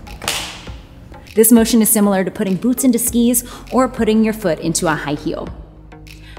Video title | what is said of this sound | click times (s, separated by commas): Adjusting Your Bike - Peloton Support | Point your toes down to fit your cleat into the pedal then push down through your heel until you hear a click | 0.3 s